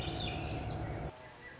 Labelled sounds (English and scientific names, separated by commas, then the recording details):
Swainson's Thrush (Catharus ustulatus)
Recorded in Sonoma County, California